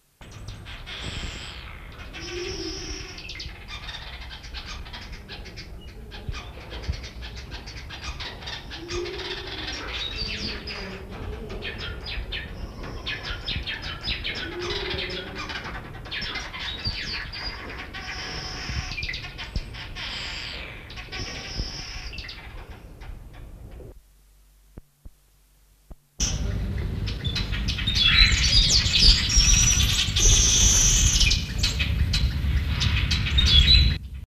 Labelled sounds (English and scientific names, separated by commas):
Village Weaver (Ploceus cucullatus) call